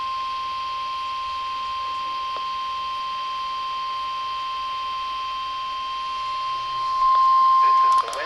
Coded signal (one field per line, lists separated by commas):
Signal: Emergency Alert System (SAME) tones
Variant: 1050 Hz attention tone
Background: speech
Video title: Summer 2022 EAS Captures (EAS 125-139)